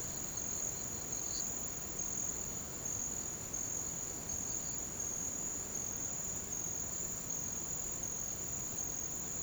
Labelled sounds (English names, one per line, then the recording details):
none
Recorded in pastures near Puerto Asís, Putumayo, Colombia, on 13 March 2025 at 08:30
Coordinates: 0.486, -76.323
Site G075